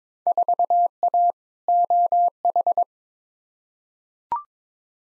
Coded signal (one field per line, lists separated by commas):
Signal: Morse code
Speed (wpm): 22 wpm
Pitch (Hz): 700 Hz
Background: none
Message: 4A OH